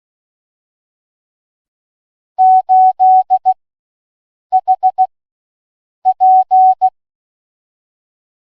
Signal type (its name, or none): Morse code